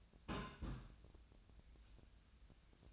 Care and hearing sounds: daily activity, microphone in the room; place on stove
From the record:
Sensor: 2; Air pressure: 1009.8 hPa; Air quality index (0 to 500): 180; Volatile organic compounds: 10 ppm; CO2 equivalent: 2250 ppm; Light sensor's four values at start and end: 32/80/34/38 and 32/80/34/38

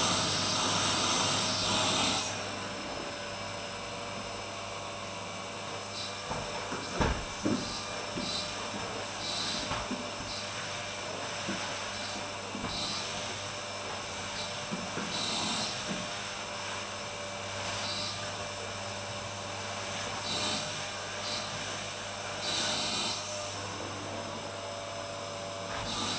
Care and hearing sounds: daily activity, microphone in the room; vacuum cleaning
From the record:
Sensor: 2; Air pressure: 988.5 hPa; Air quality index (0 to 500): 195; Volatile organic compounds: 210 ppm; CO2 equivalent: 4244 ppm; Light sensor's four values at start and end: 19/64/25/24 and 19/64/25/23

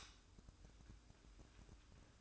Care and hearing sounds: daily activity, microphone in the room; light off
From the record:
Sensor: 2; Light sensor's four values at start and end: 14/40/16/16 and 9/22/9/9

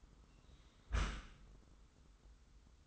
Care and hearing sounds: daily activity, microphone in the room; close dishwasher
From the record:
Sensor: 3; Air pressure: 990.4 hPa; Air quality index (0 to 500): 194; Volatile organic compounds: 1000 ppm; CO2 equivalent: 6343 ppm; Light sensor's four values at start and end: 37/88/36/34 and 37/88/36/34

